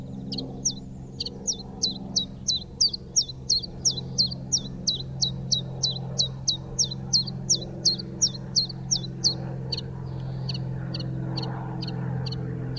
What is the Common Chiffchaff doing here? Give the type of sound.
song